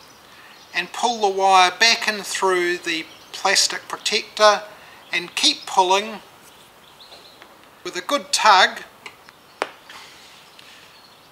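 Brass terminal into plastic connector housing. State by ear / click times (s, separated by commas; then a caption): seated / 9.6 s. Someone talks while a soldered battery lead is pulled back through the plastic protector with a good tug, drawing the brass EC5 terminal into the plastic connector housing. After a few soft handling noises, a single sharp click at 9.6 s marks the terminal snapping into place, seated.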